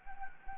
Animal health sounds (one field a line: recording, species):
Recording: mosquito wingbeat signal from an infrared sensor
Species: Anopheles gambiae